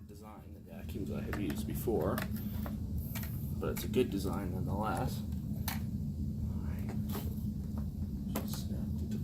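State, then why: Partly seated. Someone talks while snapping the brush roll into the head of a Sanitaire SC886 upright vacuum, with scattered short knocks and handling clicks over a steady low hum. A sharp snap is heard at 8.4 s, but the brush roll does not look all the way in, so it is only partly seated.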